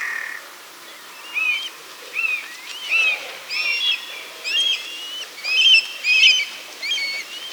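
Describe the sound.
Bird song: short whistled phrases of rising and falling notes, repeated roughly every half second.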